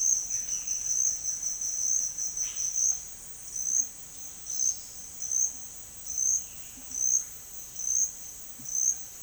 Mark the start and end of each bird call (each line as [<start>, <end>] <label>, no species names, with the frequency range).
[0.00, 0.90] bird call (1.6-4.0 kHz)
[2.40, 2.75] bird call (1.1-4.3 kHz)